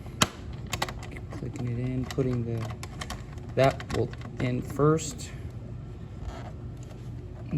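A plastic fairing panel on a 2024 Yamaha R7, removed again during an oil change, is pressed back into the motorcycle bodywork, and its clip snaps in with a loud, sharp click at 0.2 s. A few smaller clicks and taps follow between 0.7 and 1.2 s while someone talks. The panel clip is seated.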